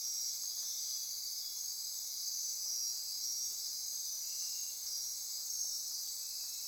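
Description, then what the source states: Insect chorus forming an unbroken high, hissing trill, with occasional short faint notes rising out of the steady background. Insect chorus recorded at midnight near Corcovado.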